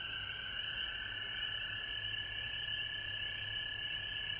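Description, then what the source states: Frogs trilling together in an unbroken chorus, two steady pitched layers, high and mid, with no gaps. Frogs recorded at home in Georgia on March 19, 2020.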